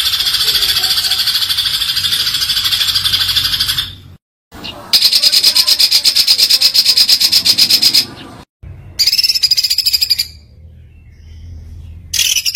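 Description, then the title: White-eye song: very fast, harsh, buzzy pulses packed into high-pitched trilled bursts, running for several seconds at a time and broken by abrupt silent gaps. Pleci masteran (tutor), singing continuously (gacor) with full tembakan, the rapid-burst song style. "Masteran Burung Pleci Gacor Full Tembakan"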